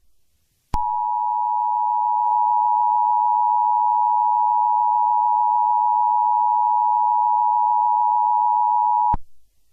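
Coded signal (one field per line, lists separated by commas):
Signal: Emergency Alert System (SAME) tones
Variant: 853 and 960 Hz attention tone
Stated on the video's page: Fictional EAS scenario, re-uploaded.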